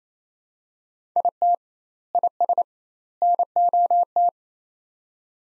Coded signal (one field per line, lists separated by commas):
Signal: Morse code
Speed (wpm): 28 wpm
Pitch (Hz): 700 Hz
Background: none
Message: IT IS NOT